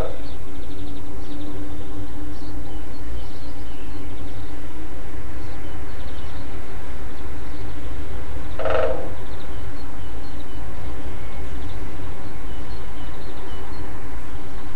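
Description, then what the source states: Great spotted woodpecker drumming: one short, rapid roll of taps near the middle, over a steady low rumble and hiss. Drumming; dated 5 April 2007; recorded with an MZ-N710 device.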